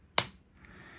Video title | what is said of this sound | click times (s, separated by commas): Vintage Timekeeper, A Look At The Sharp Talking Time I From 1979 | And you'll hear it click. It does click into place. | 0.2 s